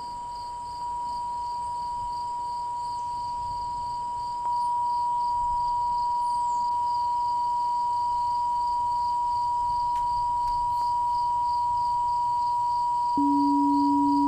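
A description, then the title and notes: A steady 963 hz tone holds throughout over pulsing insect chirps, joined near the end by a lower 285 hz tone, slightly louder. 963 hz & 285 hz.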